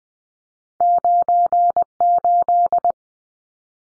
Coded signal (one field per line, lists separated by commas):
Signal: Morse code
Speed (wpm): 20 wpm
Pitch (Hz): 700 Hz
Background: none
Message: 98